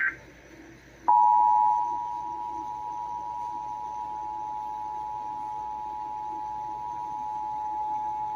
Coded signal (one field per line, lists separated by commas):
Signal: Emergency Alert System (SAME) tones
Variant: 853 and 960 Hz attention tone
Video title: Flash Flood Warning on NJPBS (EAS #121)